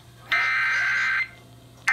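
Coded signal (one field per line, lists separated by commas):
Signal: Emergency Alert System (SAME) tones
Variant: header bursts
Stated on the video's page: Real Required Monthly Test for DC and North Anna quarterly test, received on many DC-area and Virginia radio and TV stations, relayed broadcast alerts.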